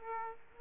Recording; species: mosquito wingbeat signal from an infrared sensor; Aedes aegypti